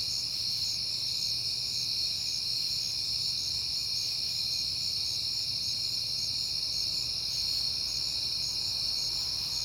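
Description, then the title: Crickets trilling continuously at high pitch, a pulsed chirp beating evenly over the layered chorus, faint low hum below. Recorded on a peaceful night in September. "Night Time: Crickets and Passing Cars"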